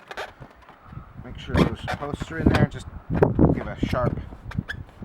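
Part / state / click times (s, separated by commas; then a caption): ATV seat posts into rear grommets / not seated / none. Someone talks while handling the seat of a Can-Am G2 Outlander ATV, lining up its rear posts with the grommets at the back before a sharp push. A few brief, soft knocks and taps are heard between the words. The clip ends before the push, and nothing has seated or clicked yet.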